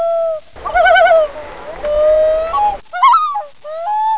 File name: Common loon tremolo